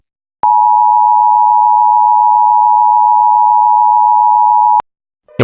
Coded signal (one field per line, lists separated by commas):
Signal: Emergency Alert System (SAME) tones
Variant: 853 and 960 Hz attention tone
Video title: EAS Scenario Red Retaliation